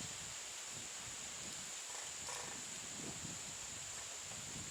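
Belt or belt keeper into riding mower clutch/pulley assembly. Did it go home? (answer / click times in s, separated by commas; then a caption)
no / none. During a clutch belt replacement on an old riding mower, the belt or belt keeper is handled and pushed toward the clutch/pulley assembly, producing soft rustling and shuffling handling noise over a steady high-pitched hiss. Nothing has seated or snapped into place yet.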